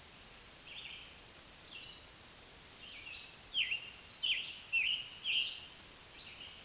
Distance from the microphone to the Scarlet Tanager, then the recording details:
about 30 m. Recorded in a Pennsylvania forest on 1 June 2023 at 08:08. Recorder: AudioMoth, point grid3_35_low. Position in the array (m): 166 m, 141 m